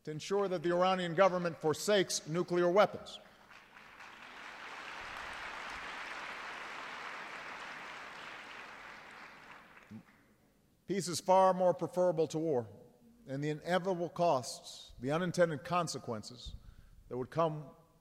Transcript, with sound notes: to ensure that the Iranian government forsakes nuclear weapons. (Applause.) Peace is far more preferable to war. And the inevitable costs, the unintended consequences that would come